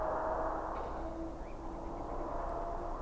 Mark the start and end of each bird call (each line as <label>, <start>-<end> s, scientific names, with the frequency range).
Caprimulgus europaeus (1.5-2.9 kHz), 1.38-1.53 s